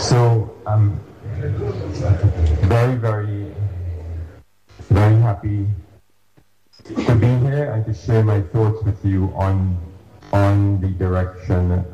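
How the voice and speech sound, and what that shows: Slow, deliberate adult male speech with drawn-out opening words, repeated words and long pauses: stuttering. The speaker is turning 60; he stutters, speaks slowly and struggles sometimes.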